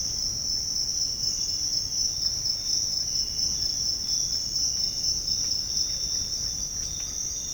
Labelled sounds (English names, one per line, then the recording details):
Russet-backed Oropendola
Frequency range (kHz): Russet-backed Oropendola 0.9-3.0 kHz
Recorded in dense forest near Puerto Asís, Putumayo, Colombia, on 22 June 2025 at 06:30
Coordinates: 0.481, -76.323
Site G072